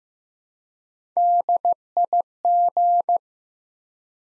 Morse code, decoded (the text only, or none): DIG